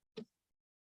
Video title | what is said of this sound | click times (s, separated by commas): Live Classroom Feed 23AM02 Day 6 | and snap in place | 0.2 s